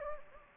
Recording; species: mosquito wingbeat signal from an infrared sensor; Anopheles gambiae